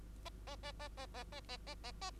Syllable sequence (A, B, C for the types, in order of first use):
A A A A A A A A A A A